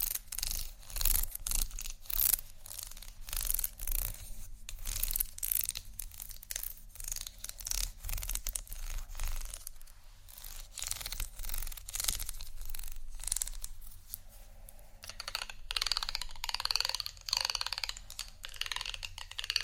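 Scratching fills the whole twenty seconds, a dense run of quick, irregular crisp strokes with a bright, hissy edge. A low steady hum sits underneath throughout. Around fifteen seconds the scratching shifts to a smoother, brighter rubbing texture that continues to the end.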